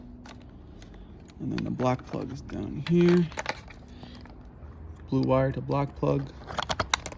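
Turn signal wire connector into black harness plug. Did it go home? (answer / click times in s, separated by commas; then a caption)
yes / 6.9 s. On a 2022+ Yamaha YZF-R7, during an integrated taillight and tucked-mount install, the blue turn-signal wire connector is plugged into the black plastic harness plug. Someone talks while light handling clicks and rustles are heard, followed by a quick cluster of sharp plastic snaps toward the end. The connector seats with a click at 6.9 seconds.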